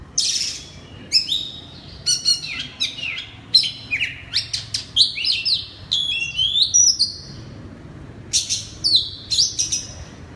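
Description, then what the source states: Oriental magpie-robin song: loud, varied chirps, trills and sweeping whistles in fast, irregular bursts throughout. Singing loudly in the 'ngeplong' song style.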